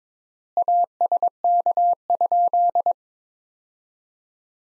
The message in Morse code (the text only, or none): ASK?